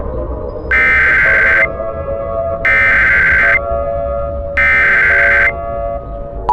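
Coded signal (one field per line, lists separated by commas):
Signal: Emergency Alert System (SAME) tones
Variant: header bursts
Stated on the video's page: Fictional EAS scenario; contains valid tones.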